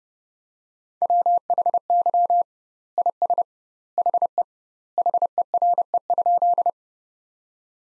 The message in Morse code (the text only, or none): WHY IS HE HERE?